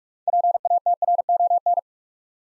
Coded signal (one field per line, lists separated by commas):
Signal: Morse code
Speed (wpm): 44 wpm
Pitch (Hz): 700 Hz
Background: none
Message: PATRON